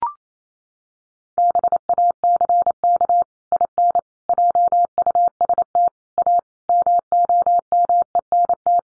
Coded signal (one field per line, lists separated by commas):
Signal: Morse code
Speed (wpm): 28 wpm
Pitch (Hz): 700 Hz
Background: none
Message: BACK IN JUST A MOMENT